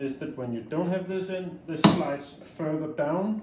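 Someone talks while handling the telescopic handle of a Milwaukee Packout tool-box trolley, with the screw removed so the handle can slide further down into the trolley frame. A brief sharp knock is heard near 1.8 s amid the talking. Nothing has seated or clicked into place yet.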